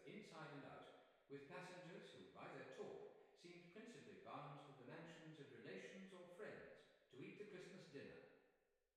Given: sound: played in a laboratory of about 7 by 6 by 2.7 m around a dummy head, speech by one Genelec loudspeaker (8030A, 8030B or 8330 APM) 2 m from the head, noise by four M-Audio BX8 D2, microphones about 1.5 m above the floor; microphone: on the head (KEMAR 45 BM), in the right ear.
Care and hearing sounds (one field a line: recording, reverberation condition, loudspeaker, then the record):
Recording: male speech in English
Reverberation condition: high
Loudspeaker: 60 degrees to the left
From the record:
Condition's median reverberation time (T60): about 1300 ms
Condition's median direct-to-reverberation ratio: about -4.0 dB